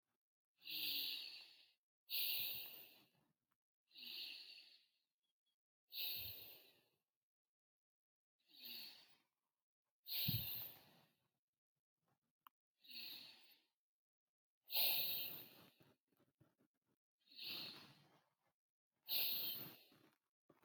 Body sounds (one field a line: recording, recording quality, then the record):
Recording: deep breathing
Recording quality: excellent, no background noise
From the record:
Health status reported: exposed to COVID-19, no respiratory illness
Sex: female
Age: 18 years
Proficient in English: yes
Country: Canada